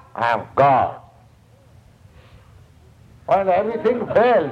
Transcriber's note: laughter